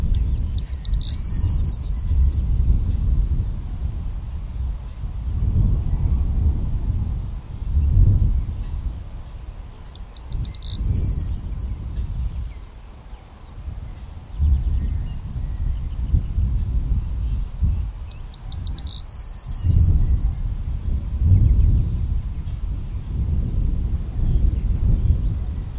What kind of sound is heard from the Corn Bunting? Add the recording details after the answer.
song. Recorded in the wild. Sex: male. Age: adult. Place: Lüdersdorf, Barnim, Brandenburg, DE. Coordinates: 52.9206, 14.0733. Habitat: Feld. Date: 2006-04-15. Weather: bedeckt, 3°C, schwacher bis mäßiger Wind aus West. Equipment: Marantz PMD 671, Sennheiser MKH 70, Popschutz. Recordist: Frommolt, Karl-Heinz